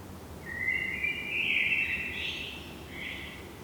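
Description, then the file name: Eurasian blackbird singing one mellow fluted phrase that wanders up and down, followed by a brief softer note, over a soft background hiss. "Turdus merula"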